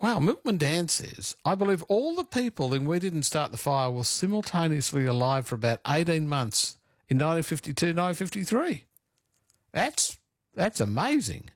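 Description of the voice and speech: A single adult speaks fluently and clearly at a conversational pitch, reading out a short message and ending with a brief pause before an amused remark. The voice is clear and well voiced, with normal rhythm, rate and articulation: ordinary speech.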